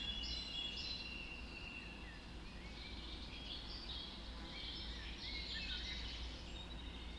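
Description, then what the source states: Birds in chorus at dawn, bursts of high chirping and trilling, several singers overlapping above a low continuous rumble. Dawn chorus recorded just after dawn in the Forest of Dean.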